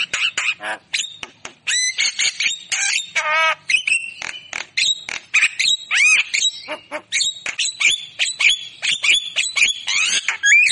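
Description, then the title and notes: Javan myna song: a varied jumble of squeaky whistles, harsh squawks and rising chirps, delivered in quick irregular bursts. Javan myna song on a lure (pancingan) recording. "Pancingan Jalak Kebo Bisu. Kicau Jalak Kebo"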